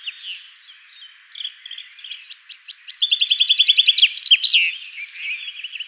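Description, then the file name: Common chaffinch singing: scattered soft notes, then a loud series of rapid repeated notes ending in a sharp flourish. "Fringilla coelebs"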